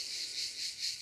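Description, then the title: Cicada buzzing steadily in a shrill, high-pitched drone, gently pulsing in loudness several times per second. "cigales"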